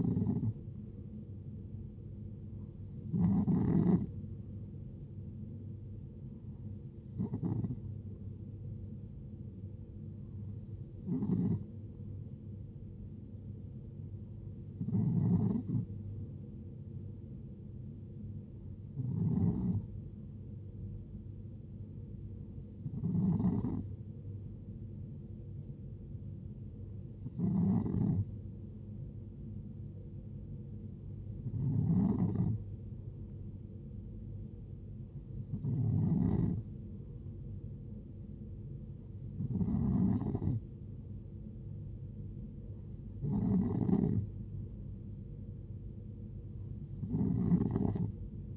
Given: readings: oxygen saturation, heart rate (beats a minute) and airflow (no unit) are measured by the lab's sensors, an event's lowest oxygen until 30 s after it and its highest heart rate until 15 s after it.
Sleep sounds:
breathing in sleep by a smartphone at the bedside; none
none scored
From the record:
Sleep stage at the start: N2 (light sleep); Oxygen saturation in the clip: 91 to 92%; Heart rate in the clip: 66 to 76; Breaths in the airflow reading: 12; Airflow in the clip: -6.0 to 4.6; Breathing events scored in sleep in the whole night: 389 in 6.3 hours asleep

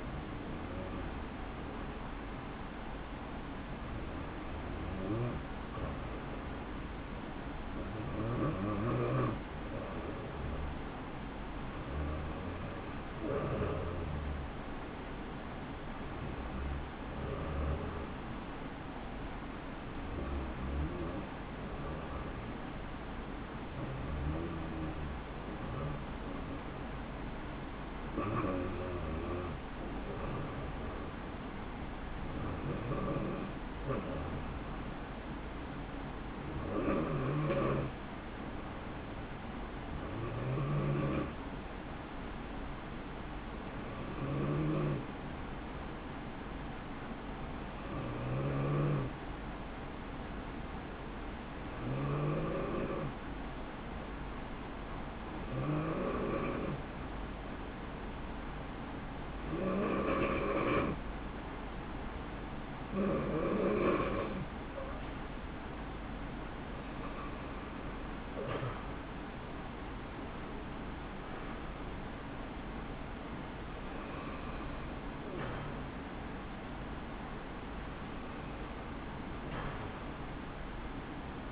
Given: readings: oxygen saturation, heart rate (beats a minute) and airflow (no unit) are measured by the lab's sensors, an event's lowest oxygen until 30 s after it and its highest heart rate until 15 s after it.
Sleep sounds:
breathing in sleep by a voice recorder at the bedside; 1
21.00-51.00 s: new sleep stage, N3 (deep sleep)
24.00-62.10 s: hypopnea (N3, oxygen 91% highest, then 85% lowest, heart rate 72 at the start, 82 highest)
51.00-81.52 s: new sleep stage, N2 (light sleep)
From the record:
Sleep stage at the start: N2 (light sleep); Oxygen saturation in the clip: 85 to 91%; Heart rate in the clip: 65 to 82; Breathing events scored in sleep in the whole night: 160 in 9.3 hours asleep

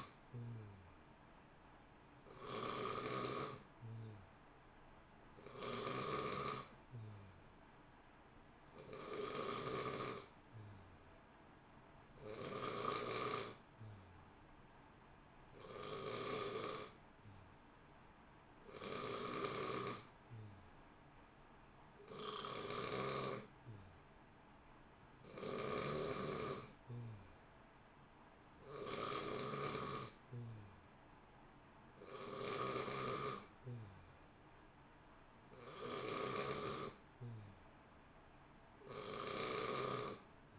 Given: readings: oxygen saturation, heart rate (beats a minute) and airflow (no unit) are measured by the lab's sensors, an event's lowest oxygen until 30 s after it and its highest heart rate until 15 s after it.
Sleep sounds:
breathing in sleep by a voice recorder at the bedside; none
9.00-40.59 s: new sleep stage, N2 (light sleep)
From the record:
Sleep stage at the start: N3 (deep sleep); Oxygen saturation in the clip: 90 to 91%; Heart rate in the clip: 59 to 63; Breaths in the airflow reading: 13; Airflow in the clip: -0.8 to 1.0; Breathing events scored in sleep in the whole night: 328 in 6.3 hours asleep

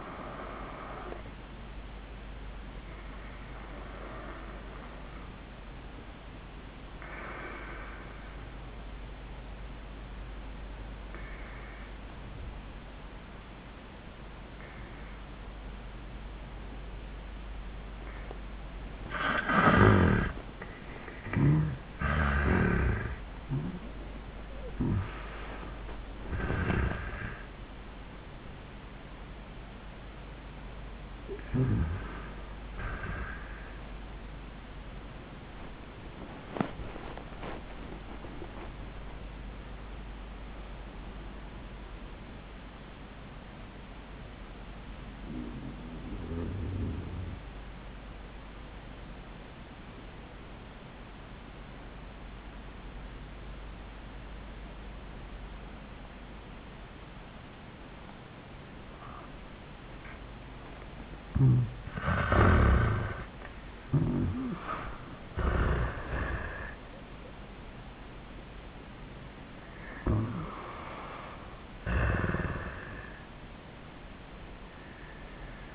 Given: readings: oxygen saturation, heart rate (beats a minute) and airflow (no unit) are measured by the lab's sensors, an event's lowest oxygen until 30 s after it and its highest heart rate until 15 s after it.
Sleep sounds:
breathing in sleep by a voice recorder at the bedside; 2
3.00-21.40 s: obstructive apnea (N1, oxygen 96% highest, then 82% lowest, heart rate 89 at the start, 105 highest)
23.00-53.00 s: new sleep stage, awake
26.00-58.00 s: awake
46.00-63.20 s: obstructive apnea (scored as awake, oxygen 98% highest, then 80% lowest, heart rate 89 at the start, 98 highest)
53.00-75.75 s: new sleep stage, N1 (lightest sleep)
From the record:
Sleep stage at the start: N1 (lightest sleep); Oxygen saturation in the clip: 74 to 98%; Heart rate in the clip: 72 to 105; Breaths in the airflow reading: 7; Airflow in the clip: -29.3 to 14.2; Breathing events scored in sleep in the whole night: 400 in 8.7 hours asleep

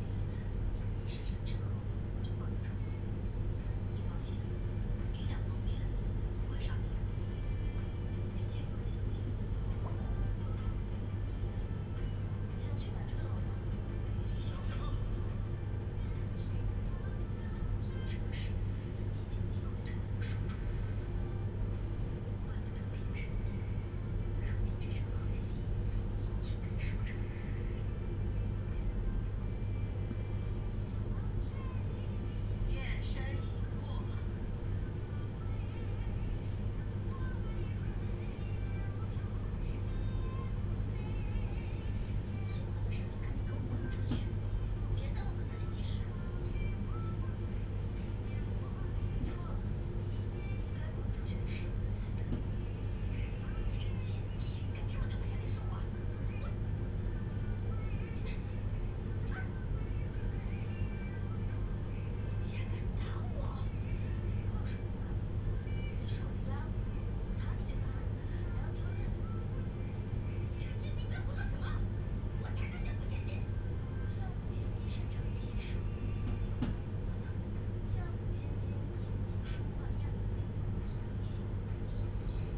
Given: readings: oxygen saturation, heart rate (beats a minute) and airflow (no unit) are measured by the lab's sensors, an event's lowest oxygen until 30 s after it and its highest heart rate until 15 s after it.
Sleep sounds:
breathing in sleep by a smartphone at the bedside; none
0.00-82.57 s: awake
28.00-82.57 s: new sleep stage, N1 (lightest sleep)
From the record:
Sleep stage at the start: awake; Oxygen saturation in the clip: 92 to 94%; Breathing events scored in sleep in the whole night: 310 in 8.1 hours asleep

